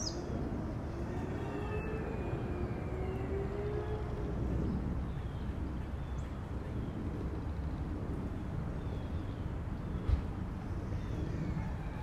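An airplane drones steadily overhead in a dense low rumble, with a few faint bird chirps early on and a brief click near the end.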